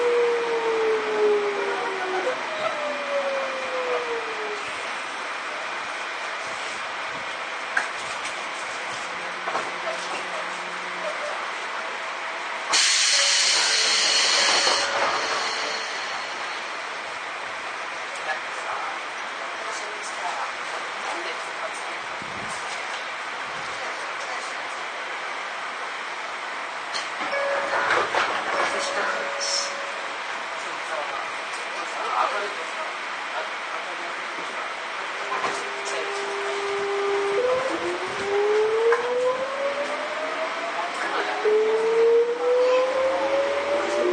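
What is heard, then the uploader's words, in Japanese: Sotetsu 7000 series train ride with rising and falling motor whine at start and end, steady rumble, and a sharp hissing burst near fifteen seconds. 相鉄新7000系 海老名〜横浜。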